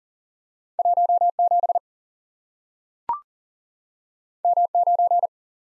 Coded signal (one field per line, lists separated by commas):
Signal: Morse code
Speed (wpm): 43 wpm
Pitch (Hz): 700 Hz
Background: none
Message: 1 7 M 9